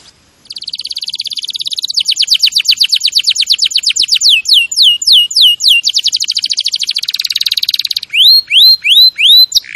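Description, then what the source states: Canary song, a rapid series of changing trills, rolls and sweeping whistles, ending with slower rising upslurred notes. Champion canary song used as a master recording for training other birds.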